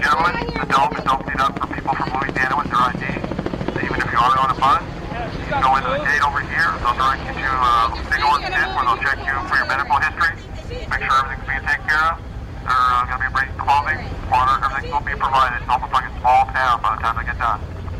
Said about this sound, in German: Über dem Astrodome kreisen Hubschrauber, während die Polizei über Lautsprecher Anweisungen erteilt.